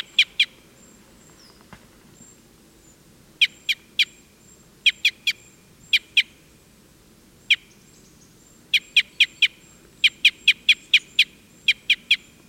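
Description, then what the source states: Red crossbill calls, sharp short chips in small clusters spaced by pauses, over a faint low rumble. Type N call type.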